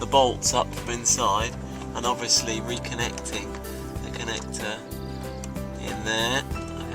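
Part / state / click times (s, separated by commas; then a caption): wiring connector into tailgate light housing / not seated / none. While the rear tailgate light housing and handle is refitted on a Land Rover Discovery, the electrical connector is handled as it goes back into the plastic housing, with the bolts going back in from inside. Someone talks over background music, with a couple of brief sharp sounds near the end. Nothing has seated or clicked yet by the end of the clip.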